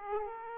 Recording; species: mosquito wingbeat signal from an infrared sensor; Aedes aegypti